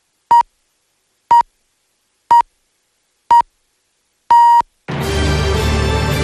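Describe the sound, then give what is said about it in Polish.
A radio time signal on Polish Radio Program Three (Trójka) marking 7 o'clock, September 2021: five short, pure mid-pitched beeps spaced one second apart, the last held slightly longer, followed immediately by a burst of loud, full-band music. “Program Trzeci Polskiego Radia wybiła 7.”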